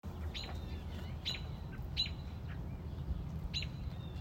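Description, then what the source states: Robin sharp chip calls, four spaced notes with thin trailing whistles, over steady low background rumble. Mother robin protecting a newly hatched chick on a front porch.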